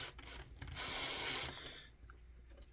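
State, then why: Stripped. A Torx bit on a drill is tried on a case screw in the chassis of an Allen & Heath ZED10/FX mixer. A sharp click at 0.7 s leads into a loud grinding whir as the bit ratchets and slips in the screw head until about 1.5 s, followed by a few small taps. The screws are stripped out.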